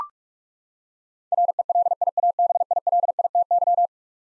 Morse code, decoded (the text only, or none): RELIABILITY